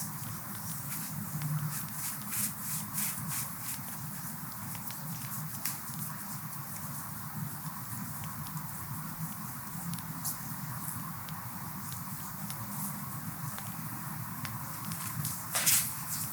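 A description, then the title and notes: Rubbing and kneading of hands on feet, with a steady low, soft rumble under a constant hiss of skin friction. Small dry clicks and crackles scatter throughout, and a sharper, brighter rub stands out near the end. ASMR Feet Massage. How beautiful the oil flows down feet.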